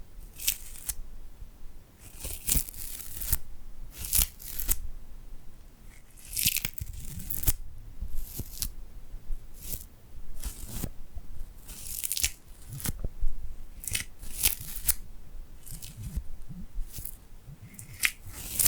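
Tingly glued hand sounds: sticky peeling and crackling as skin pulls apart, in short bright bursts roughly every half second to second. The pulls are sharp and crisp, with softer rustling and low thuds between them and no steady background.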